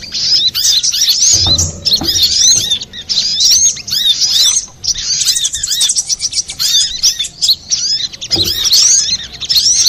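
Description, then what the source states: Little spiderhunter song in quick, piercing phrases of twittered and swept notes, with a couple of soft low thuds behind. Master recording for training cage birds, labelled 'ontong labaik'.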